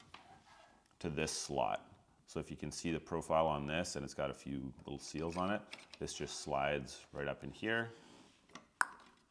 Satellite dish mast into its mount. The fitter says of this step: and then this really just pops right into the mount like that